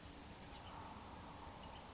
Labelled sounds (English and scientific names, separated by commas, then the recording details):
Oak Titmouse (Baeolophus inornatus)
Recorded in Sonoma County, California